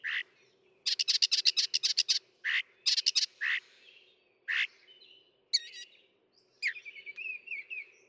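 Northern mockingbird song: slurred notes mixed with rapid harsh trills, followed by warbled, wavering whistles.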